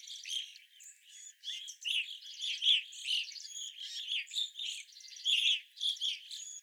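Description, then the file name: Evening grosbeaks chirping in a busy chorus, rapid burry notes rising and falling in loudness, calls overlapping from several birds. Several birds recorded on 25 April 2021. "2021-04-25 Evening Grosbeaks"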